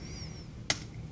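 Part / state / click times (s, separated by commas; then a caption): battery clip in tablet housing / released / 0.7 s. A side of the battery in a Samsung Galaxy Tab 4 is pried up to free it from the clips in the tablet housing. A single sharp snap rings out at 0.7 s over a quiet background with faint high tones near the start. The battery clip snaps loose and the battery is released.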